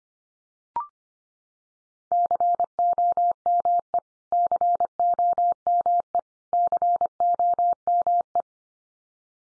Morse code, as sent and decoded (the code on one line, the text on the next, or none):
-.-. --- -- . / -.-. --- -- . / -.-. --- -- .
COME COME COME